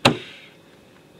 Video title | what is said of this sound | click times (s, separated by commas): Best 12v Compressor Cooler Fridge Freezer - Setpower TC35 | yeah you hear that it just kind of snaps into place | 0.1 s